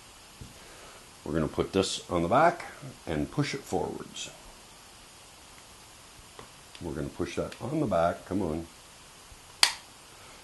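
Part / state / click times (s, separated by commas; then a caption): pistol slide on polymer frame / released / 9.6 s. Someone talks while taking down a CZ P-09 Duty pistol, pushing the slide assembly forward on its polymer frame. A single sharp click sounds at 9.6 s as the slide releases for disassembly so it can come off the frame.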